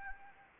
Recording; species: mosquito wingbeat signal from an infrared sensor; Anopheles arabiensis